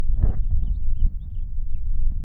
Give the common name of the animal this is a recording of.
House Finch